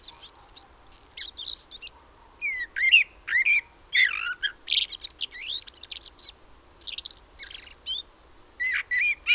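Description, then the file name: Common blackbird uttering busy strings of high, varied chirps and short upslurred whistles, bursts separated by short gaps. "Turdus merula"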